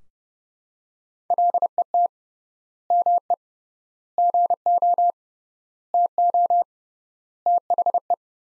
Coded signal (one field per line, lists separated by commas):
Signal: Morse code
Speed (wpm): 30 wpm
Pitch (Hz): 700 Hz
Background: none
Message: LET ME GO TO THE